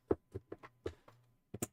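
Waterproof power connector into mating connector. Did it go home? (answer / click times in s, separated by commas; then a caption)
yes / 1.6 s. A waterproof power connector spliced onto a 10 amp lead is pushed into its mating half. Several soft handling knocks and taps come first, with a brief low hum, before a loud, sharp, bright snap at 1.6 s. The connector is seated.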